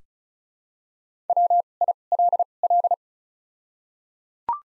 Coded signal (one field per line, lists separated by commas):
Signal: Morse code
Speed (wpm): 36 wpm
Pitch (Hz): 700 Hz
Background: none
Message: W I L L